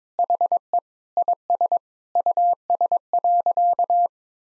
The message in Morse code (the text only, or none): HE IS US.